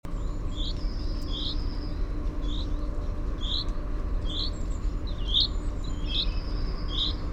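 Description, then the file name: Common chaffinch calls: quick, short bright notes in a rapid uneven series, against a persistent low rumbling hum and a few thin high notes. "Fringilla coelebs"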